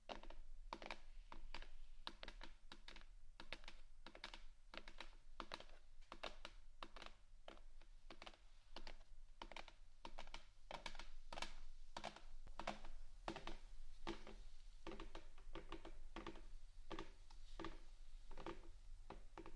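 Quick scratchy taps on various items fall in an uneven, busy stream for the whole stretch, over a steady low hum underneath.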